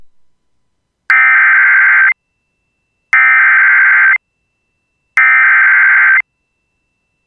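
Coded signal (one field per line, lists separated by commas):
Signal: Emergency Alert System (SAME) tones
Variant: header bursts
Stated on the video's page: Severe thunderstorm warning SAME header from NOAA Weather Radio for southeast Minnesota and southwest Wisconsin.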